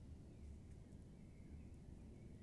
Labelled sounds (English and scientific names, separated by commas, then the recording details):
Common Blackbird (Turdus merula)
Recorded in Germany
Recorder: ecoPi